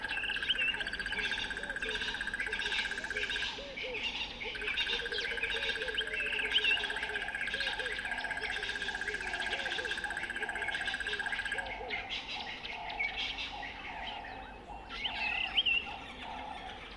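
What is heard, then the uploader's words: Dense wildlife chorus beside a dry riverbed at the start of the rains. A steady insect whine runs through most of the clip, pausing briefly near four seconds and dropping out after twelve, while frogs croak and birds chirp and call continuously throughout. Durational audio recording of the sound environment around a dry stretch of the Limpopo River in South Africa at the beginning of the rainy season. The recording begins just before dusk and continues through late morning. Audio encoding: Stereo FLAC at 48kHz, 24bit.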